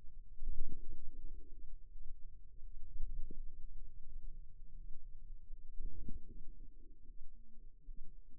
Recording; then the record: forearm muscle sounds (acoustic myography)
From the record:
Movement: ulnar deviation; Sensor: system 2, bracelet of six BSWA MPA416 microphones around the upper forearm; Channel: 2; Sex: female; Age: 23 years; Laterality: right